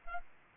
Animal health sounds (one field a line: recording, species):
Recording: mosquito wingbeat signal from an infrared sensor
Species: Anopheles arabiensis